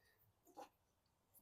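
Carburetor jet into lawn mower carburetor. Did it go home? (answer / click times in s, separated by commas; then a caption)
no / none. A carburetor jet is handled for refitting into the carburetor of a 2009 Yard Machines high wheel lawn mower. A short handling sound peaks near 0.6 s, followed by a faint tick around 1.4 s. Nothing has seated or clicked into place yet.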